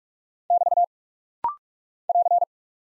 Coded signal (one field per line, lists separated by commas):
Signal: Morse code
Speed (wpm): 46 wpm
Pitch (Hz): 700 Hz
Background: none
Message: <BT> <AR>